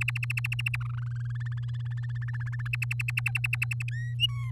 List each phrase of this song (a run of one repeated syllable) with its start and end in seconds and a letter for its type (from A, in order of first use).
0.01-0.76 A, 0.80-1.59 B, 1.63-2.68 C, 2.73-3.83 D, 3.88-4.15 E, 4.19-4.51 F